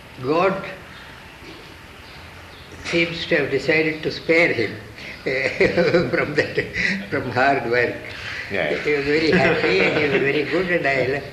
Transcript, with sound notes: God seems to have decided to spare him [laughs] from that, from hard work.
Yes. [laughter]
He was very happy, and he was very good and I love...,